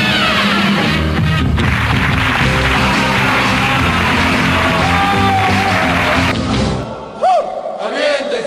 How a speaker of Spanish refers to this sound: Gracias por esos aplausos, mi querida pandilla.